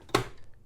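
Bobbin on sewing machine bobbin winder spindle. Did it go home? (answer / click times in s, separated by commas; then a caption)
yes / 0.1 s. A plastic bobbin on the winder spindle of a Brother LX3817 sewing machine is pushed firmly to the right until it seats against the stop post. A sharp click at 0.2 s is followed by a few faint ticks. The bobbin is clicked into place on the winder shaft, ready to wind.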